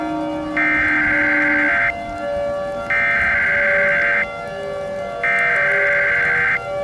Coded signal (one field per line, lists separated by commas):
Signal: Emergency Alert System (SAME) tones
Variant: header bursts